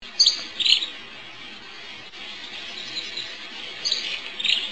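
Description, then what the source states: Dusky flycatcher giving brief, high, soft call notes in two pairs, one early and one late, over a steady hiss of background noise. Nocturnal flight call.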